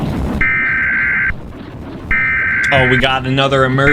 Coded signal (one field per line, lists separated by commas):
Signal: Emergency Alert System (SAME) tones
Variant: header bursts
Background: speech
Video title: Exploring Terrifying EAS Scenarios